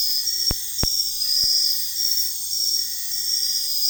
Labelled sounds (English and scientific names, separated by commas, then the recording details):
none
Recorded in dense forest near Puerto Asís, Putumayo, Colombia, on 20 February 2024 at 03:30
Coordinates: 0.485, -76.322
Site G6406